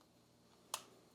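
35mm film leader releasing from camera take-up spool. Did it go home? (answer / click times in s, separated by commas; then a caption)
released / 0.7 s. The rewind crank on a Nikon EM 35mm SLR is turned until the end of the film pulls free of the plastic/metal take-up spool. After a quiet stretch, a single sharp click comes at 0.7 s and fades quickly. The film has released from the take-up spool, and a couple of little clicks like this mean the film has come off the spool.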